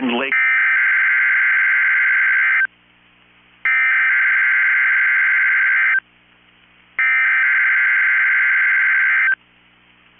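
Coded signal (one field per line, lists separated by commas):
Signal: Emergency Alert System (SAME) tones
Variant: header bursts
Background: speech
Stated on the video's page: Statewide tornado drill on NOAA Weather Radio; station briefly off the air mid-drill, then continued.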